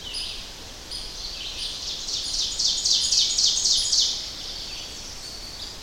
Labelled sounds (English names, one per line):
Ovenbird song